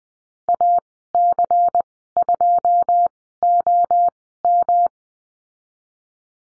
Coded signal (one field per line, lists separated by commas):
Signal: Morse code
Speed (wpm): 20 wpm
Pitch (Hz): 700 Hz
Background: none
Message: A C 2 O M